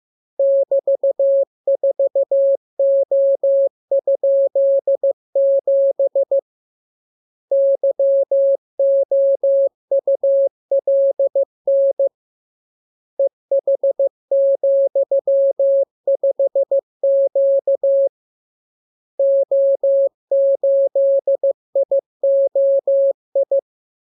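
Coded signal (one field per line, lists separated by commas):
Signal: Morse code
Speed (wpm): 15 wpm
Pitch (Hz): 550 Hz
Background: none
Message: <BT>4O?7 YOULN EH,5Q O8IOI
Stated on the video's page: Morse lesson 33: characters sounded first, then a radiogram opening with VVV and =, ending with AR.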